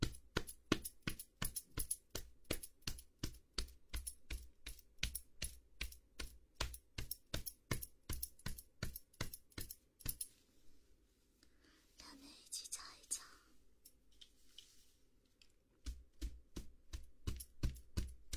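A head and shoulder massage with quick, regular percussive taps, about three per second, for the first ten seconds. The tapping stops for several seconds, leaving a low hum and some rustling and brushing around twelve seconds, then resumes near the end.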